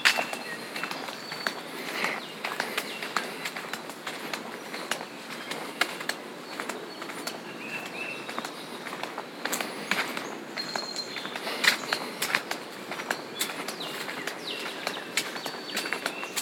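Footsteps crunch steadily along the Rogue River Trail in Belmont, Michigan, a regular stream of sharp scuffs throughout. Brief bird chirps and whistles break in now and then, around the two-, eleven- and twelve-second marks, over a soft outdoor hiss.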